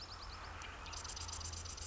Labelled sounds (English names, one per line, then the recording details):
Marsh Wren
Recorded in Sonoma County, California